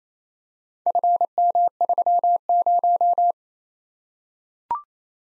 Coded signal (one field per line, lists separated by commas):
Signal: Morse code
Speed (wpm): 27 wpm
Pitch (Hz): 700 Hz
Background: none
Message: FM30